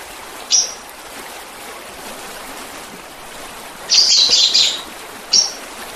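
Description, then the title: Oriental magpie-robin song: a short high chirp, a dense scratchy burst of notes near four seconds, then another brief chirp, over steady hissing background noise. "Kicau Kacer"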